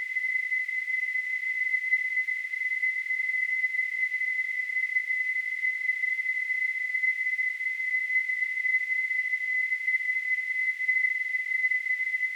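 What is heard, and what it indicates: Simulated tinnitus: a steady, unchanging high-pitched tone around 2 kHz, with a faint hiss spread above it, sustained throughout.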